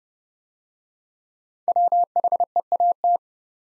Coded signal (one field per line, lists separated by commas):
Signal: Morse code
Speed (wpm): 29 wpm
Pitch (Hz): 700 Hz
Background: none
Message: WHEAT